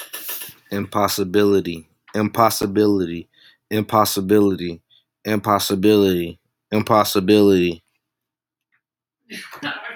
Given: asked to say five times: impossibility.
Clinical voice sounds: repeated word; male; 20 to 29 years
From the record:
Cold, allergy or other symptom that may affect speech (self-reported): no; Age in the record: 21 years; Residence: South Carolina, United States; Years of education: 12

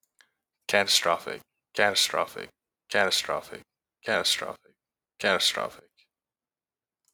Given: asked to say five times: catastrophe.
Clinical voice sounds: repeated word; male; 30 to 39 years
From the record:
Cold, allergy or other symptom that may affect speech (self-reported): no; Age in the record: 31 years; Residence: Nebraska, United States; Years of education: 12

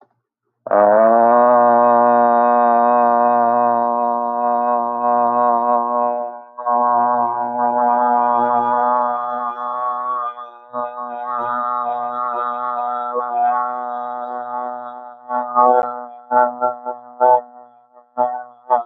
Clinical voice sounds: vowel held as long as possible; male; 40 to 49 years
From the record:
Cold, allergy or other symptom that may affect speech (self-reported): no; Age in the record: 44 years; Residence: Ohio, United States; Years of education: 18

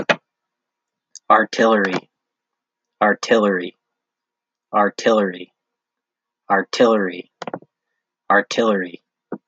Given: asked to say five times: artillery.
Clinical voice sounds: repeated word; male; 40 to 49 years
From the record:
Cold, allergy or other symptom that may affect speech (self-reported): no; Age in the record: 44 years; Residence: Hawaii, United States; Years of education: 12

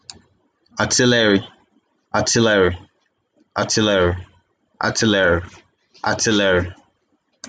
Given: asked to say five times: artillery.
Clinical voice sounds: repeated word; male; 30 to 39 years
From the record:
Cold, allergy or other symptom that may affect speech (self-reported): no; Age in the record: 35 years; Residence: United States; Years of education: 16

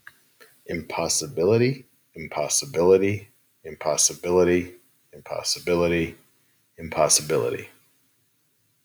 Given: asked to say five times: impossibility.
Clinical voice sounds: repeated word; male; 40 to 49 years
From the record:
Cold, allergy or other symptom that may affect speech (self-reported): no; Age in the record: 41 years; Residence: Arizona, United States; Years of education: 17

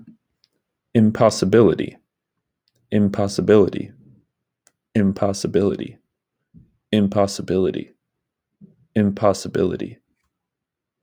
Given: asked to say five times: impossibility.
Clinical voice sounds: repeated word; male; 20 to 29 years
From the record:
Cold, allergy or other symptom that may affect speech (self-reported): no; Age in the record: 26 years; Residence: Wisconsin, United States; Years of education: 16

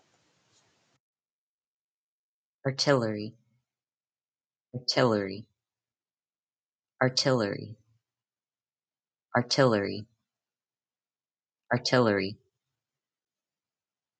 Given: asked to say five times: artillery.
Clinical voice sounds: repeated word; female; 20 to 29 years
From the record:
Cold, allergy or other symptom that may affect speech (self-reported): no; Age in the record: 24 years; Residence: California, United States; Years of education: 14

